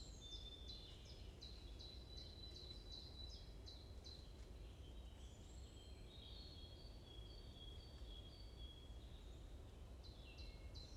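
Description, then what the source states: Birds chirping: a rapid run of short high downslurred notes, then steadier thin whistled tones and another quick chirp series, over a constant low rumble. Morning chorus in a forest at Bosvoorde, Watermaal-Bosvoorde, Brussels, Belgium; peaceful setting; recorded with an AMBE VR microphone.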